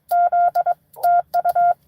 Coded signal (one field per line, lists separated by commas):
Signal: Morse code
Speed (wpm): 22 wpm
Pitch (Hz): 700 Hz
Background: none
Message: Z TU